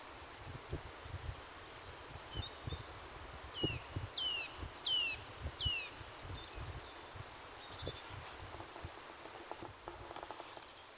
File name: Sitta europaea